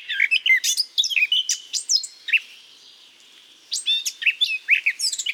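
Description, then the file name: Eurasian blackcap with quick warbled chirps and slurred whistles, a softer hushed stretch in the middle, then another lively burst of notes. "Sylvia atricapilla"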